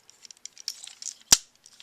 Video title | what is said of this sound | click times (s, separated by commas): Reviewing Transformers: Animated Jazz | just snaps in place with it but it doesn't really hold it together | 1.3 s